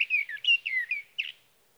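Sage thrasher song fragment: a short burst of sliding, slurred whistles in quick succession, ending abruptly, followed by quiet.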